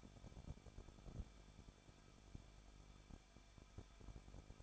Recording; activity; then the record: daily activity, microphone in the room; no activity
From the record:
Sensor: 5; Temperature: 20.8 degrees Celsius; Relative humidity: 38.3%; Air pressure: 1006.6 hPa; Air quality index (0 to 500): 185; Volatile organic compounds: 17 ppm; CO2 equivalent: 2588 ppm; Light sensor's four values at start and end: 2/3/1/1 and 2/3/1/1